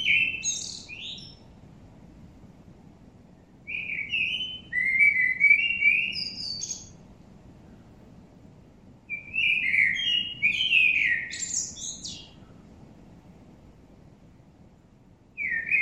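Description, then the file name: Common blackbird delivering repeated song phrases separated by pauses, each a rich fluty warble followed by a high chattering tail. "Turdus merula"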